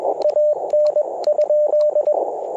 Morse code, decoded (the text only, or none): AN?